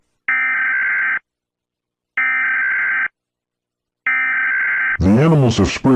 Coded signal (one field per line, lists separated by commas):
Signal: Emergency Alert System (SAME) tones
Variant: header bursts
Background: speech